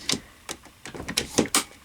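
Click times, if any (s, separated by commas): 1.6 s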